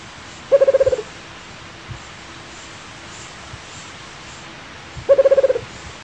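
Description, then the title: Rufous-capped Motmot giving a rapid, low hooting trill of about eight notes, repeated once after a pause of about four seconds, over a steady hiss. "LuckyPassaro Completos2Sama. Rufous-capped Motmot (Baryphthengus ruficapillus)"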